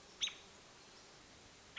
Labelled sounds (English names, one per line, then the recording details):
American Robin
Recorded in Sonoma County, California